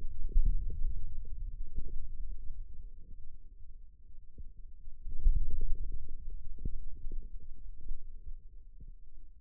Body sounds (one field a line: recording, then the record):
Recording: forearm muscle sounds (acoustic myography)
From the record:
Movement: inward rotation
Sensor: system 2, bracelet of six BSWA MPA416 microphones around the upper forearm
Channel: 2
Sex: male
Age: 22 years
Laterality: right